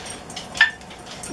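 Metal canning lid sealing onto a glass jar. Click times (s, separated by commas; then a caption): 0.6 s. A second cooling glass canning jar's metal lid snaps down and seals, heard as a sharp metallic pop at 0.6 s. Softer taps and rustles come before it, and another burst of noise comes near the end. The lid has seated and the jar is sealed.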